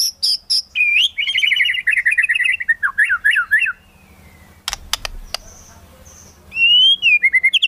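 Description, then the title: White-rumped shama song: high chirps, then a rapid wavering warble, a pause with clicks and low hum, ending in rising whistled phrases. Lure song used for trapping. "Pikat Murai Batu"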